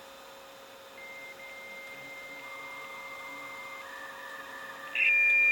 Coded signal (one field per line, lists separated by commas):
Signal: dial-up modem handshake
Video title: 56k dialup modem sound